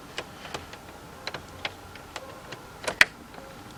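A flat screwdriver is pushed into the small slot under the pulled-out headlight switch in the dashboard of a Ford F150 pickup or Expedition, with a few light scraping ticks along the way. A sharp click at 3.0 s marks the knob's retainer releasing. The knob shifts slightly and is freed so it can come off.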